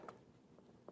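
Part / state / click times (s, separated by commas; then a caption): CPU heatsink push pin into motherboard mounting hole / not seated / none. The fourth plastic push pin of a CPU heatsink is pressed down toward its motherboard mounting hole, with faint handling ticks at about 0.1 s and 0.9 s over a low background. Nothing has seated or clicked yet.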